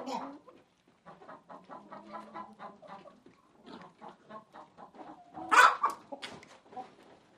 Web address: chickens